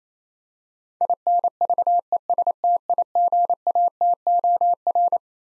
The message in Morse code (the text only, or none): INVESTIGATOR